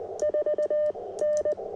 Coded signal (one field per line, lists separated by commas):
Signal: Morse code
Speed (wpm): 20 wpm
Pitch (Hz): 600 Hz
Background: none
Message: 4 N